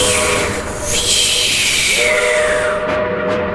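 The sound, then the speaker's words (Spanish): A coal-fired steam train's long, steady whistle sounds for several seconds over a loud rush of hissing steam as its wheels clatter on the tracks, with the tone shifting slightly partway through before the hiss fades near the end. “Empezaban las ruedas a traquetear sobre las vías. Y un silbido largo acompañaba el humo que se deflecaba como una cabellera.”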